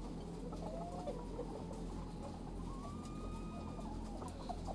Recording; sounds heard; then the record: poultry house recording; sick chickens (respiratory disease)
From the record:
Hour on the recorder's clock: 8